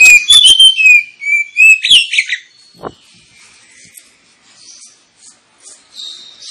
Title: KACER NGOTOT FULL TEMBAKAN. Kacer dimana SAJA Bakalan NGEPLONG GACOR dengan Pancingan Kacer ini